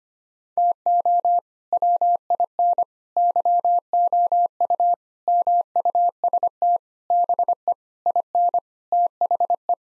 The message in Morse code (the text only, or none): TO WIN YOU MUST BE IN THE